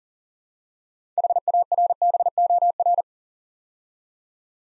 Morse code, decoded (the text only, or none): HARBOR